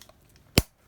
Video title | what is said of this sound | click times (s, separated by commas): PT3 2054 VW stroker build. Will it run￼?? Will it make power??? ￼ | snapped into place | 0.6 s